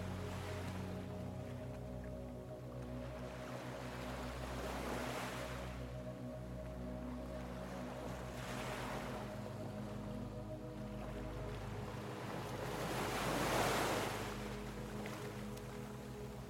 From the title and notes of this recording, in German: Beruhigende OZEANWELLEN und Entspannende MELODIEN. Erliegen Sie den entspannenden Melodien, sorgfältig komponiert, um die sanften Rhythmen des Ozeans zu begleiten.